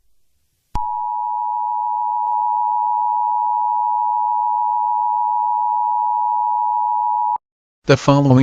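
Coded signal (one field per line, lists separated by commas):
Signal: Emergency Alert System (SAME) tones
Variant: 853 and 960 Hz attention tone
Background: speech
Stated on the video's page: Fictional EAS scenario.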